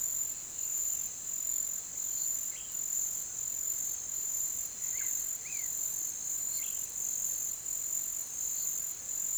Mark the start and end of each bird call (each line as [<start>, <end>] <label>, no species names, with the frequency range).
[4.81, 5.78] bird call (0.7-2.9 kHz)